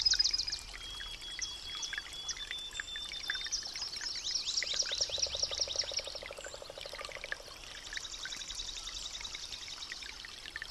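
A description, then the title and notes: Many birds sing at once in a dense, bright chorus of chirps and trills that runs the whole clip, with a thin high whistle held early on. From about five to seven and a half seconds a low, steady rattling croak sits beneath the birdsong. After a long winter in northern Minnesota, everything seems to awaken at once. From the songs of migratory birds to the croaks of frogs and toads, we can witness a wonderful rejuvenation.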